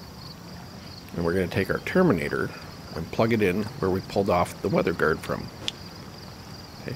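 During a Mercury VesselView Mobile installation, a bus terminator plug is pushed into a wiring harness connector where the weather guard was removed, while someone talks over a steady high-pitched insect-like hum. A sharp click at 5.7 s shows the terminator plug is seated properly.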